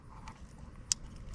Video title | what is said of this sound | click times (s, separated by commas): Complete Installation and Comparison Of LED Headlights Vs Stock Headlights - Jeep Wrangler | plug it in until you hear it click | 0.9 s